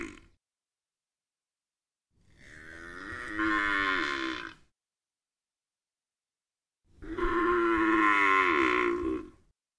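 Banteng calls, the tail of one call, then two drawn-out harmonic bellows about five seconds apart, each a hoarse moo with a wavering tone, separated by silence.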